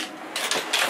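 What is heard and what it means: A loaded fridge slide on a 4WD drawer slide is handled as it is pulled out toward its full 700 mm extension, where its lock engages. A broad sliding rush with two sudden bursts near 0.4 and 0.5 s is heard. Nothing has seated or clicked yet when the clip ends.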